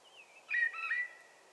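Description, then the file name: Common blackbird: a single brief phrase of warbled whistled notes trailing into a thin sustained tone. "Turdus merula"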